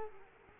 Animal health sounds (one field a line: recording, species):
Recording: mosquito wingbeat signal from an infrared sensor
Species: Culex quinquefasciatus